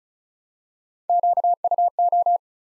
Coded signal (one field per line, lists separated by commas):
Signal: Morse code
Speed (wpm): 36 wpm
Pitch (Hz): 700 Hz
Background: none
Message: QUO